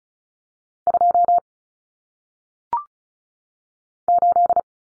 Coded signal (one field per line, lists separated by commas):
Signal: Morse code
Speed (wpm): 36 wpm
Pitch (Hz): 700 Hz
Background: none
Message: 2 8